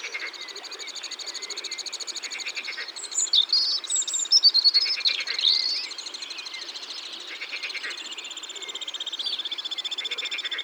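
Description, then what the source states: European robin song phrase of high sliding whistles and twittery notes around the middle, with a continuous chorus of rapid pulsed trills behind it. Recorded in Ardèche, France.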